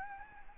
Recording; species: mosquito wingbeat signal from an infrared sensor; Anopheles arabiensis